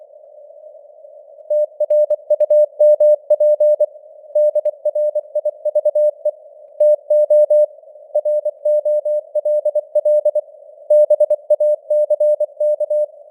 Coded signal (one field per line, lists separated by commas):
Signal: Morse code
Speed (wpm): 24 wpm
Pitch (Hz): 600 Hz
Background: none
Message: TRUMP DRIVE TO ROLL BACK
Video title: Morse Code News | 2025-12-23 | 24wpm